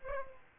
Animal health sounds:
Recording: mosquito wingbeat signal from an infrared sensor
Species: Aedes aegypti

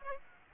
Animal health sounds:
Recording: mosquito wingbeat signal from an infrared sensor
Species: Aedes aegypti

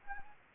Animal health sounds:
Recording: mosquito wingbeat signal from an infrared sensor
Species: Anopheles gambiae

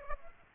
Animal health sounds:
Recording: mosquito wingbeat signal from an infrared sensor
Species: Aedes aegypti

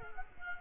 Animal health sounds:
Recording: mosquito wingbeat signal from an infrared sensor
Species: Culex quinquefasciatus

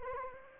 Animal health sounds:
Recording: mosquito wingbeat signal from an infrared sensor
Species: Anopheles gambiae

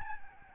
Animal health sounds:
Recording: mosquito wingbeat signal from an infrared sensor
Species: Aedes albopictus

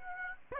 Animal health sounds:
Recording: mosquito wingbeat signal from an infrared sensor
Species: Aedes aegypti

